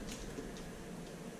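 Someone lines up the small end cap or retaining nut of a Lew's baitcasting reel handle on the handle shaft thread so it seats properly and doesn't cross-thread, before spinning the knob to tighten it. Only faint, steady low handling rustle is heard, with no distinct hits. Nothing has seated or clicked yet.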